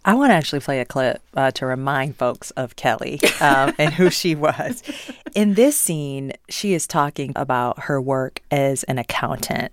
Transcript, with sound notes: I want to actually play a clip to remind folks of Kelli.
(Laughter).
And who she was. In this scene, she is talking about her work as an accountant.